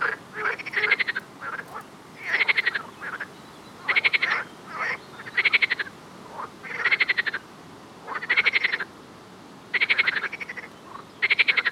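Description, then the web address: Frogs croaking: rasping, rattled bursts repeated about every one and a half seconds, with fainter short croaks from other frogs in the gaps. "Soundscape Frog 1"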